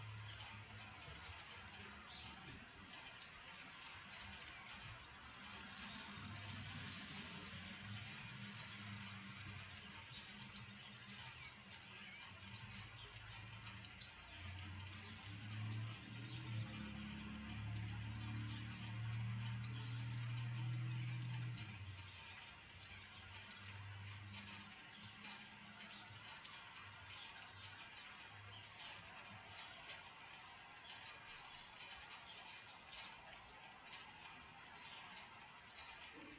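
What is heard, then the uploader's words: Rain falls as a steady, dense hiss with scattered light patters, and a few faint, short bird chirps break through now and then. A low rumble runs underneath and swells between about 13 and 22 seconds before easing back down. Birds and Rain, sounds of Nature.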